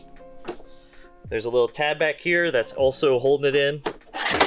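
A folding electric scooter is being assembled, with its wheel handled on the way into the frame lock. Someone talks over faint tonal background sound, with a light knock near 0.5 s and a sharp transient at the very end. Nothing has seated or clicked yet.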